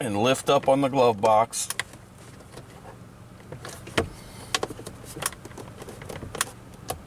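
Someone talks while lifting the plastic glove box of a 2011–2017 Honda Odyssey back up into its dashboard mount, with the dampener arm reattached, while refitting it after a cabin air filter change. After the talking, sharp plastic knocks and taps are heard around 4.0, 4.6, 5.3 and 6.4 seconds as the glove box is handled. The clip ends before the glove box goes home, so nothing has clicked into place yet.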